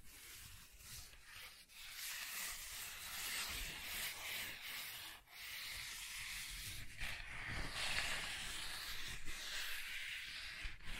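Soft tracing across a surface makes a continuous, airy rubbing hiss, bright and papery, with little low end. The strokes swell and ease in slow waves, with brief dips near two and five seconds, then a steadier, slightly louder stretch to the end.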